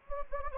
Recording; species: mosquito wingbeat signal from an infrared sensor; Anopheles gambiae